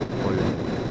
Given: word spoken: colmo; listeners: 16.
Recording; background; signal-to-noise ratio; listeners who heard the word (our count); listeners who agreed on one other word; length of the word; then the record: one Spanish word in noise, from a listening test; noise modulated by three-talker babble; -4.0 dB; 0 of 16; 9 of 16; 0.51 s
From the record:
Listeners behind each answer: 9, 1, 1, 1, 1, 1, 1, 1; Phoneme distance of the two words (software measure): 20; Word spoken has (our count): 2 syllables, 5 phonemes, stress on syllable 1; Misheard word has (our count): 2 syllables, 5 phonemes, stress on syllable 1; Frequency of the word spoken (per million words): 10.59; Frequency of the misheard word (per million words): 43.20